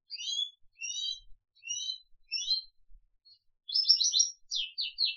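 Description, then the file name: Crested canary giving a few separate chirped notes, then a dense high rattling trill and a short burst of falling notes. "audio kenari jambul"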